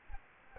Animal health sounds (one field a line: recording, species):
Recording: mosquito wingbeat signal from an infrared sensor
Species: Aedes aegypti